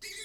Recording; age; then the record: pig call; weaner (32 to 43 days)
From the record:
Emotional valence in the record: negative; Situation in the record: restrain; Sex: male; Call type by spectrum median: high-frequency call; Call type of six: high-frequency stable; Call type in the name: high-frequency stable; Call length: 0.24 s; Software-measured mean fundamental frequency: 347 Hz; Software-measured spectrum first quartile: 2479 Hz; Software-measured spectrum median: 4238 Hz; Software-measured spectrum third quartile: 6599 Hz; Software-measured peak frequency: 2184 Hz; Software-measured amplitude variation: 69 dB a second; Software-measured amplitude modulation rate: 18.4 a second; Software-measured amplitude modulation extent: 3.7 dB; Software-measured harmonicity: 3.1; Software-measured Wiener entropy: -2.01